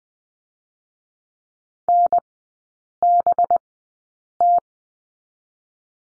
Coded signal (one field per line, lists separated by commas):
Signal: Morse code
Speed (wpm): 20 wpm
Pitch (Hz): 700 Hz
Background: none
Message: NBT